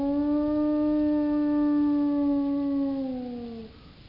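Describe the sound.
Spotted hyena call: one long, steady, low tonal howl that holds for about three seconds, then sags slightly and fades out.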